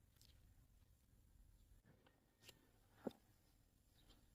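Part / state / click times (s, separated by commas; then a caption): plastic side mirror cover onto the car door mirror housing / not seated / none. A second replacement black plastic side mirror cover is being fitted onto a Raize's door mirror housing, with faint handling noise and brief plastic taps around 0.2, 2.5 and 3.1 seconds against a quiet background. Nothing has seated or clicked into place yet.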